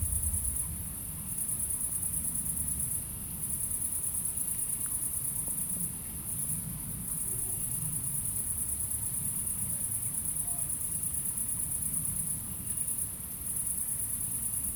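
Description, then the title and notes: Shrill, even cricket trills run on with a few short breaks, while low traffic rumble sits beneath. Crickets at night in Aveize, France, with a few cars in the distance; recorded with a DPA-2006c AB pair into a Mixpre-3. "69610 Aveize, France - Grillons - Crickets. Grillons la nuit, quelques voitures dans le lointain. Crickets at night, cars in the distance"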